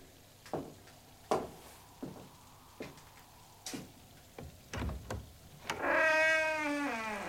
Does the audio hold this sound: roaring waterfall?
no